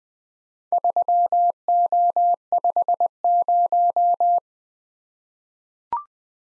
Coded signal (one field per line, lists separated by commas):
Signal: Morse code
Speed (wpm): 20 wpm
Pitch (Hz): 700 Hz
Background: none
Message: 3O50